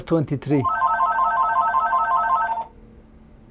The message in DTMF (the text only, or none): none